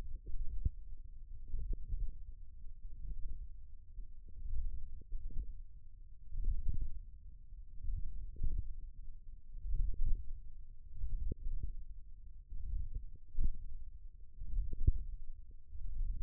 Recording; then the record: forearm muscle sounds (acoustic myography)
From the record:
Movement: ulnar deviation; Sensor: system 1, eight BSWA MPA416 microphones around the upper forearm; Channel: 6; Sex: male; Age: 28 years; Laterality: right